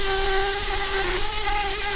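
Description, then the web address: Brown-banded carder bee buzzing, a steady low hum with a strong fundamental and stacked overtones that holds almost level throughout, with only a slight dip midway. Queens. "bumblebees learning set sounds Humilis-queens"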